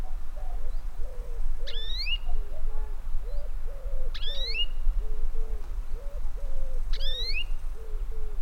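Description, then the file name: European greenfinch calls: three sharp, sweeping chirps spaced about 2.5 seconds apart, over a steady series of lower, short hooting notes and low background rumble. "Chloris chloris"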